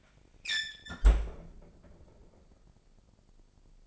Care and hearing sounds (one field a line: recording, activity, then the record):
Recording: daily activity, microphone in the room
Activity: close fridge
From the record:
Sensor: 5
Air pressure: 995.4 hPa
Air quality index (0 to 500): 99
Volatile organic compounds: 6 ppm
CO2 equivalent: 1886 ppm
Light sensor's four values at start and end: 36/87/35/36 and 35/84/34/34